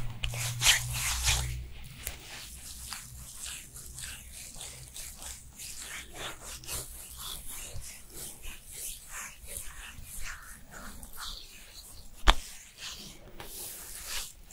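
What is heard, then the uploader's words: A Korean skincare routine: soft patting, rubbing and crackly tapping sounds come in quick, irregular succession throughout, with a bright hiss over them. A low rumble sits under the first two seconds, and a single sharp click stands out just past twelve seconds. ASMR Korean Special Skincare Routine for Winter (No Talking).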